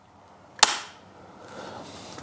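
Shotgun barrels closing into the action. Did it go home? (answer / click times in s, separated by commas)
yes / 0.6 s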